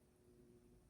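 A microSD memory card is being handled at its slot in the plastic SIM tray of a Samsung Galaxy A25/A15 smartphone. There is a low, steady hum with faint rustling and no sharp transients, and someone talks. Nothing has seated or clicked yet, so the card is not home.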